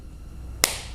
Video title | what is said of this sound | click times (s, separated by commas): KEY FOB BATTERY REPLACEMENT BMW F20 F21 F40, KEY NOT WORKING FIX | it slides in then hear that click guys | 0.6 s